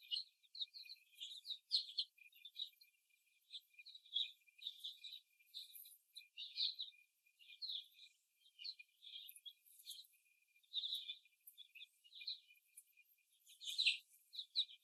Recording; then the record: young laying hens in a cage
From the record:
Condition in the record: before the stressor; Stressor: simulated dog barking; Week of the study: 1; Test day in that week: 2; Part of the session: 3